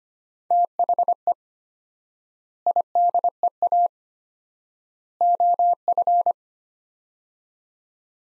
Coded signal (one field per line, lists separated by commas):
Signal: Morse code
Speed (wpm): 25 wpm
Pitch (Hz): 700 Hz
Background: none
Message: THE IDEA OF